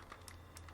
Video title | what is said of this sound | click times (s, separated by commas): How to Install A MicroSD Card on a Laview security camera | There's the click. | 0.3 s